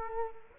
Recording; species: mosquito wingbeat signal from an infrared sensor; Culex quinquefasciatus